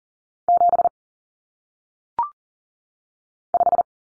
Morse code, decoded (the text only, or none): 7 5